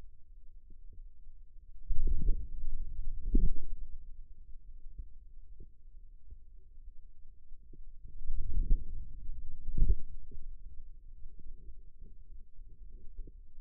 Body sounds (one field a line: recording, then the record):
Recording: forearm muscle sounds (acoustic myography)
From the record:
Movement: outward rotation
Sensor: system 2, bracelet of six BSWA MPA416 microphones around the upper forearm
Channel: 1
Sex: male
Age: 22 years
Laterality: right